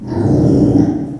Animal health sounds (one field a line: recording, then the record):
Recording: squeal of a Yucatan mini pig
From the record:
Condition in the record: after surgery on the right vocal fold (resection and tissue-engineered implant)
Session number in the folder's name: 3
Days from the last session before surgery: 33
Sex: male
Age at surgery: 12 weeks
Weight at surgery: 13 kg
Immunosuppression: cyclosporine, prednisolone